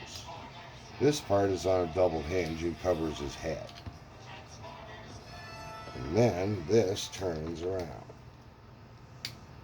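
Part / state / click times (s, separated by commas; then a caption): plastic transformation part into the toy robot's body / seated / 9.2 s. During a transforming robot toy's conversion, a plastic transformation part is turned around and locks into place in the toy robot's body. Someone talks throughout, then a sharp, short click sounds at 9.3 s as the part seats.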